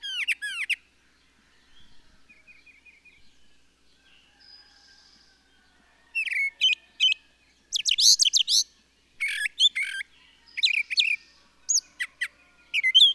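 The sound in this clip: Bird song opening with a high whistled phrase, a soft lull of faint notes, then a run of loud, rapid chirping bursts.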